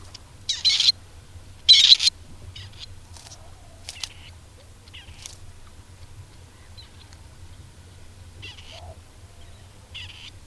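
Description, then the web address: Grey partridge giving two loud, harsh rasping calls early on, followed by fainter scratchy notes scattered through the rest, over a low steady hum. "agykontroll Madardalok Cd 2. Fogoly"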